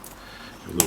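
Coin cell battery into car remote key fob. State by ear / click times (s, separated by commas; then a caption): seated / 0.8 s. A new 1620 coin cell battery is popped into the battery holder of a Suzuki remote key fob and pushed down. After a faint tap near the start and low background noise, one sharp, loud click is heard at 0.8 s as the battery seats in the holder.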